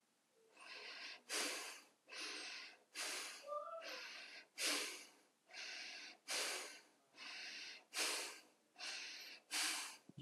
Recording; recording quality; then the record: shallow breathing; excellent, no background noise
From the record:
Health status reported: healthy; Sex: female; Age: 36 years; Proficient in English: yes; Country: United States